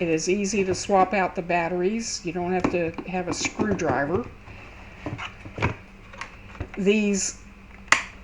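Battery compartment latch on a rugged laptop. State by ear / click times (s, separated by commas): seated / 7.9 s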